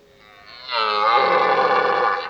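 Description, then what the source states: Red deer stag roar swelling from a low start into a loud, harsh, sustained bellow. Old stag bellowing during the rut (burlen).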